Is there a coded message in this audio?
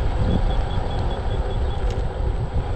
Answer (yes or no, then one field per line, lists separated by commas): no